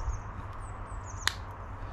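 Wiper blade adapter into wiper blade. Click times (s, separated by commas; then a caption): 1.3 s. An aftermarket wiper blade adapter for a 2014-onwards Mini F56 is lined up and clipped onto the wiper blade against a low steady hum. A single sharp click at 1.3 s marks the adapter snapping into place, seated on the blade.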